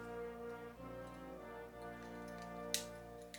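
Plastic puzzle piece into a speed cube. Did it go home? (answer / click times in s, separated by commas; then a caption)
yes / 2.7 s. A popped plastic piece is pushed back into a speed cube during reassembly and clicks into place at 2.7 seconds with a sharp snap. Brass-heavy background music plays throughout, and a smaller tick follows at 3.3 seconds.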